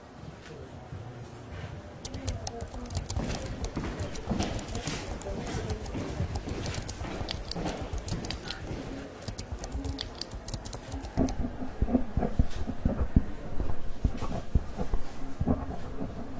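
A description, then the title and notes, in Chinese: Library ambience filled with busy, irregular tapping and clicking, like keys being typed and pens on paper, with occasional rustles that could be pages turning. A low steady hum and faint murmur sit underneath, and the tapping grows louder after about eleven seconds. 公共图书馆沉浸式学习 图书馆环境音 打字声 写字翻书。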